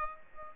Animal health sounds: mosquito wingbeat signal from an infrared sensor; Aedes aegypti

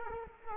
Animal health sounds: mosquito wingbeat signal from an infrared sensor; Culex quinquefasciatus

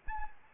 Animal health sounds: mosquito wingbeat signal from an infrared sensor; Anopheles gambiae

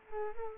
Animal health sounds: mosquito wingbeat signal from an infrared sensor; Culex quinquefasciatus

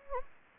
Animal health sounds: mosquito wingbeat signal from an infrared sensor; Anopheles gambiae

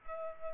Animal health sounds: mosquito wingbeat signal from an infrared sensor; Culex pipiens

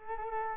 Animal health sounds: mosquito wingbeat signal from an infrared sensor; Culex quinquefasciatus

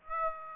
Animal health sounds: mosquito wingbeat signal from an infrared sensor; Aedes aegypti

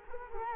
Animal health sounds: mosquito wingbeat signal from an infrared sensor; Culex quinquefasciatus

